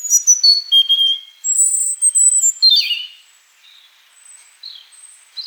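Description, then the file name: European robin song: sparkling, very high notes and level whistles, a rapid tumbling flourish, then a few softer, scattered phrases. "Erithacus rubecula"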